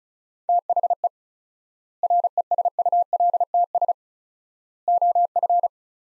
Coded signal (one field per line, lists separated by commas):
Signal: Morse code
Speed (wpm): 34 wpm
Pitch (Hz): 700 Hz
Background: none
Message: THE RESULTS OF